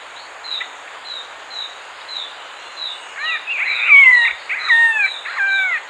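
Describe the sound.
Raffles's malkoha giving a quick burst of downslurred, mewing notes in the second half, over a high tinkling series that runs throughout.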